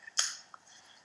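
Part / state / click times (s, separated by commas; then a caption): twisting base of a soft mist inhaler / seated / 0.2 s. The clear plastic base of a soft mist inhaler is twisted half a turn, giving a faint tick at 0.1 s and then a sharp, bright click at 0.2 s that rings briefly in the upper frequencies, followed by a small tick near 0.5 s. The base clicks and locks into place, loading the dose.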